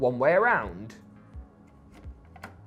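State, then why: Seated. A DDR memory module is lined up by its notch and pressed down into a motherboard DIMM slot. Someone talks at the start, then after a quiet stretch the retention clips snap shut with two short clicks at 2.4 s and 2.4 s, and the module is seated.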